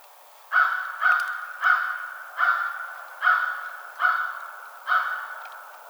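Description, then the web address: American crow cawing seven times at a steady, unhurried pace, each caw harsh and slightly drawn out, about one every eight-tenths of a second. Recorded 21 March 2007. "American Crow 2007 03 21"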